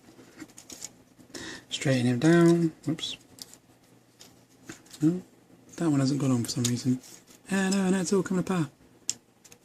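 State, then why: Seated. A plastic part of a transforming robot toy figure, which had come off, is pushed back on while someone talks over faint handling clicks and scratches. A sharp, short snap at 9.1 s marks the part seating back in place.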